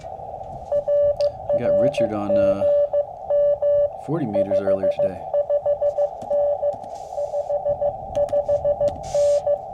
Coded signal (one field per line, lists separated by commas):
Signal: Morse code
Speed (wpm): 15 wpm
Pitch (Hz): 580 Hz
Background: speech, radio noise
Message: RR GM 55N 55N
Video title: Challenger OCF Vertical Halfwave: Better than POTA Performer?